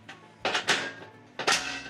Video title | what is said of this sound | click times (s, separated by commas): How to brew an Irish Red Ale with Rye and Toasted Caraway seeds on an Anvil Foundry 10.5 | Okay, mine just popped in place. | 0.4 s